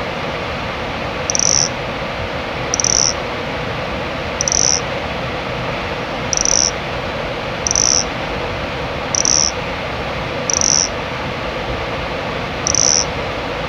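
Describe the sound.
Nesobia mjobergi calling with eight short, clear, high-pitched chirps repeated about every one and a half seconds over background hiss.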